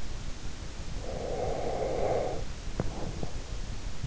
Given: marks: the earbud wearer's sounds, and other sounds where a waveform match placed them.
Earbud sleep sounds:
sounds in sleep by an in-ear microphone; breath
0.77-3.71 s: breath

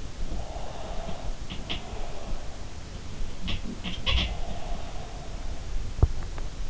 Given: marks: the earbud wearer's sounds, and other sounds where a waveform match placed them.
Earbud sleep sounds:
sounds in sleep by an in-ear microphone; breath
0.16-2.55 s: breath
0.80-2.14 s: sound from someone else or the room
3.14-4.28 s: sound from someone else or the room
4.63-6.06 s: breath

